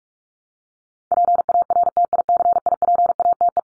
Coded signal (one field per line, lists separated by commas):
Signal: Morse code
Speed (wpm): 44 wpm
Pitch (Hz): 700 Hz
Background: none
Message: PARTICIPATE